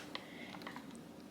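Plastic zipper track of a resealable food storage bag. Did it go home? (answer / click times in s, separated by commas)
no / none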